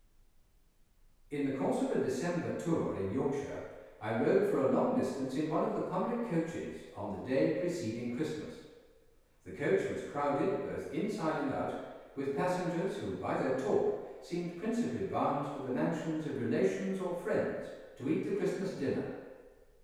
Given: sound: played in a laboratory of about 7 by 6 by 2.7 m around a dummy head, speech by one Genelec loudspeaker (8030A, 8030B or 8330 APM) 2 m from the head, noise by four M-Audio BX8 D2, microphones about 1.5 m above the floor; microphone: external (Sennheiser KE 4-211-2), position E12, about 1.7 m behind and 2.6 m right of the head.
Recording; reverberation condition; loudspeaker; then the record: male speech in English; high; in front (0 degrees)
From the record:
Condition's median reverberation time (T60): about 1300 ms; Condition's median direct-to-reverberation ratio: about -4.0 dB